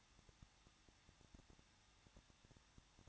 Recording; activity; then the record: daily activity, microphone in the room; no activity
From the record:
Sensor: 3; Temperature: 21.2 degrees Celsius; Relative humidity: 36.3%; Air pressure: 1006.3 hPa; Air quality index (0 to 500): 222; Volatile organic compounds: 41 ppm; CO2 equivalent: 3160 ppm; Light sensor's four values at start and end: 2/3/2/2 and 2/3/2/2